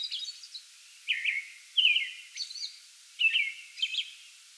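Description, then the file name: American robin song, several slurred whistled phrases with thin, higher squeaky notes among them. Pre-dawn song bout recorded on 8 May 2022. "2022-05-08 American Robin pre-dawn song bout"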